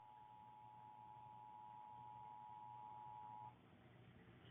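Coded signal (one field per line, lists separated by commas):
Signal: Emergency Alert System (SAME) tones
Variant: 853 and 960 Hz attention tone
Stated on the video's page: EAS alert aired on a television station.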